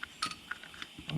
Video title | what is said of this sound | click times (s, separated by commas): How to rebuild Ford C4 transmission | I'm snapping on the open side but I'm not snapping all the way around | 0.2 s